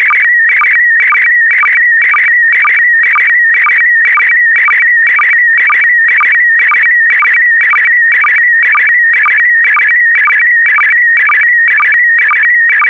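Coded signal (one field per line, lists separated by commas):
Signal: SSTV (slow-scan television)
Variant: PD120 mode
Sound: warbling, buzzy electronic tone with a steady rhythmic chirp about twice per second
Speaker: complete. You can now check your decoded image against the picture that is shown on the video.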